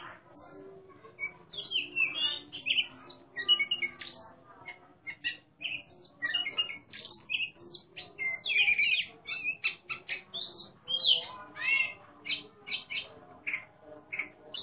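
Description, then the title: Oriental magpie-robin producing busy, continuous song of quick chirps, whistles and rough notes in bursts. Competition bird singing in the ngeplong style, described as gacor (singing abundantly) and a national champion. "burung berkicau Kacer Ngeplong gacor Juara Nasional. burung Kacer"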